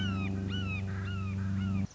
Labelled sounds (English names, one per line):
Red-shouldered Hawk